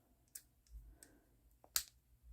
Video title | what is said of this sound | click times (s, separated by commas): L'UGX Professional Nail Drill 35000RPM Brushless Electric Nail Drill Machine Review | until you hear it click and then you pull this out this is just kind of a | 1.8 s